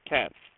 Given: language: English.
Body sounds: throat vibration sensor signal played as sound; speech

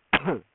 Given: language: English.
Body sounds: throat vibration sensor signal played as sound; cough

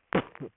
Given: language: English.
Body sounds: throat vibration sensor signal played as sound; cough

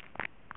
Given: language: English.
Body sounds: throat vibration sensor signal played as sound; swallow

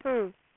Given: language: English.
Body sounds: throat vibration sensor signal played as sound; speech

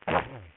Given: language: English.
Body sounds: throat vibration sensor signal played as sound; speech

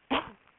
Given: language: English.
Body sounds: throat vibration sensor signal played as sound; cough

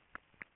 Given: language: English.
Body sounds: throat vibration sensor signal played as sound; swallow

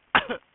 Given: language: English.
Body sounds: throat vibration sensor signal played as sound; cough

